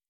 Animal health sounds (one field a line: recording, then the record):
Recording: hydrophone in a shrimp aquaculture tank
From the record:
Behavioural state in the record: normal